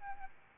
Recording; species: mosquito wingbeat signal from an infrared sensor; Aedes albopictus